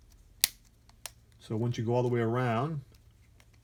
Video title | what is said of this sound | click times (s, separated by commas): iPhone 11 Pro Max and Otterbox Defender case | And you'll hear the clicks. | 0.4 s, 1.1 s